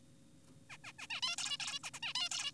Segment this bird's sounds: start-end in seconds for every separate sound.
0.70-0.78, 0.84-0.92, 0.99-1.07, 1.10-1.21, 1.23-1.36, 1.38-1.57, 1.60-1.79, 1.84-1.90, 1.94-2.00, 2.03-2.13, 2.15-2.29, 2.32-2.51